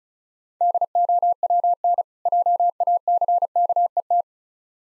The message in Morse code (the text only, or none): DOWN JACKET